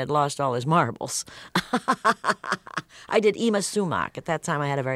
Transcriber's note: laughter